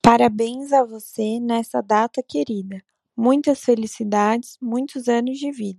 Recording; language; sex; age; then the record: short text; Brazilian Portuguese; female; 20 to 29 years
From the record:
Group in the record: control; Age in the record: 25 years